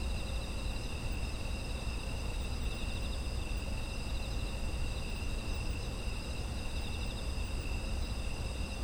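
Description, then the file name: Insects keep up a steady high-pitched chorus of several layered trills, with constant low background noise throughout. Autumn insect ambience. "秋の虫の環境音"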